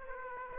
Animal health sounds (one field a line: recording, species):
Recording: mosquito wingbeat signal from an infrared sensor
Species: Aedes aegypti